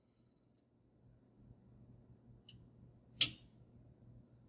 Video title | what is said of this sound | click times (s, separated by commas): How To: Vickers Hardness Test | until we hear the click and get our microscope back in look at the picture that i took | 3.2 s